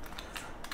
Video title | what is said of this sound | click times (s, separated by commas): Chain Valkyrie vs All Homemade Beyblade battle - Powerful Homemade Beys Battle | हो गया, अब लगा भाई। | 0.6 s, 0.7 s